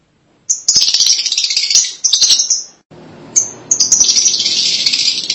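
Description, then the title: Lovebird chattering: continuous high, buzzy twittering in two long bursts separated by a brief gap. "BM Suara Burung Lovebird"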